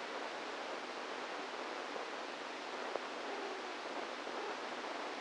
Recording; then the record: brain microelectrode recording played as sound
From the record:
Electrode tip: inside the subthalamic nucleus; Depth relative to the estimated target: -2 mm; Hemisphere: right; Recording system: NeuroSet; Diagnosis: Parkinson's disease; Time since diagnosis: 10 years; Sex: female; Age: 45 years